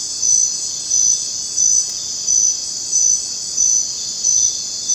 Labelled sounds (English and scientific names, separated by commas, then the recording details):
none
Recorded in dense forest near Puerto Asís, Putumayo, Colombia, on 19 June 2025 at 19:00
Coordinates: 0.484, -76.317
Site G045